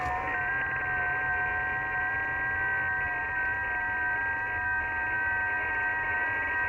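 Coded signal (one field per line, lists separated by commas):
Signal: FT8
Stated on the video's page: FT8 on 40 m (7 MHz) from Niue Island, Pacific Ocean, using an IC-7600, 1.3 kW amplifier and 40 m dipole; DX contact.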